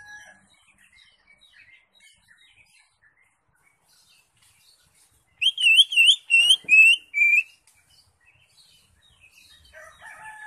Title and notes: Suara Burung Cucak Ijo. mantap buat masteran burung cak ijo